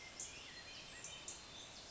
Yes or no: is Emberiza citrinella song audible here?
no